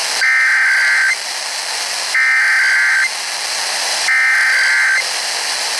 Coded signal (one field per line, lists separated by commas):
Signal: Emergency Alert System (SAME) tones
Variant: header bursts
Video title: TN RMT on WTFM - 11/9/21 (EAS #6,427)